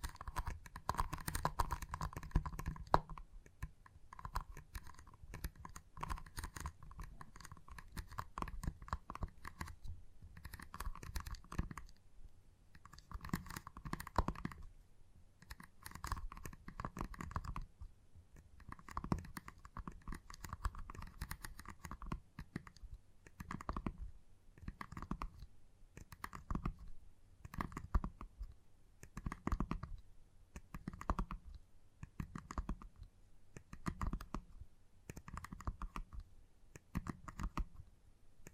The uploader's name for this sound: ASMR Gentle Tapping